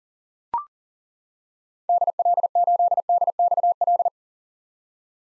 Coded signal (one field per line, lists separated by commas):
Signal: Morse code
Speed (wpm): 40 wpm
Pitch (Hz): 700 Hz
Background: none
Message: DL8DXL